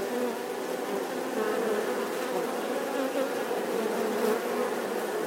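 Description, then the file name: Wasps buzzing in a swarm, a steady dense drone throughout. A swarm of wasps buzzing outside their nest. "Tieng bay ong vo ve ngoai to"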